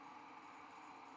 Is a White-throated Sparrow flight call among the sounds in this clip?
no